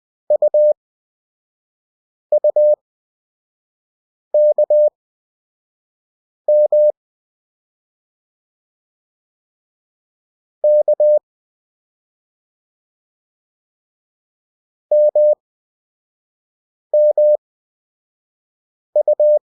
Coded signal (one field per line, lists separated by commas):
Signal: Morse code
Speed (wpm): 20 wpm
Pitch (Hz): 600 Hz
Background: none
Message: UUKM K MMU